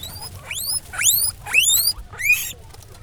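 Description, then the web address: Guinea pig wheeking: loud rising whistles with bright harmonics, given in about four separate bursts over three seconds, each sweeping upward and ending sharply. Recorded at a zoo in Jászberény in 2015. "jaszberenyizoo 2015 professzionalis tengerimalac"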